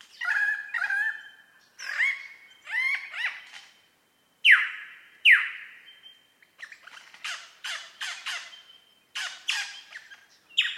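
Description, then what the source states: Superb lyrebird song, a varied medley of harsh chattering bursts, rattles and loud downward-swooping whistles, with short silent gaps between phrases. Recorded at Mount Airly; date given as 30 May 2011.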